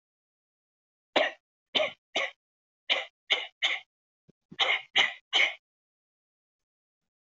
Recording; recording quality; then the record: shallow voluntary cough; excellent, no background noise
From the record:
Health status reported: respiratory illness, not identified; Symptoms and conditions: asthma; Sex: male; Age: 55 years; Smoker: not ticked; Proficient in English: yes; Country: India